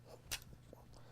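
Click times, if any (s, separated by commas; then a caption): 0.3 s. A bowstring is pulled back by its center wear strip into the trigger unit of a recurve crossbow, using a stringer, until it catches with a sharp, bright click at 0.3 s. A few faint ticks follow over a low steady hum, and the string is latched in the trigger.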